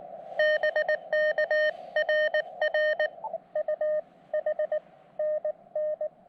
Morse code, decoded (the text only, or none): BK RR UH NN